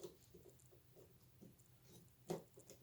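A memory module is being handled at a motherboard DIMM slot, its notch lined up with the slot, before it is pressed in with even pressure on both ends. Soft tapping and scraping sounds are heard, with a sharper knock near 2.3 s. Nothing has seated or clicked yet.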